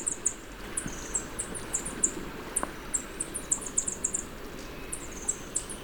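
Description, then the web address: Spotted tanager calls: sharp, high-pitched chips in quick clusters, some doubled, repeated throughout over a low rumbling background. Ecuador. "Natures Songs S America Birds of Ecuador. Spotted Tanager"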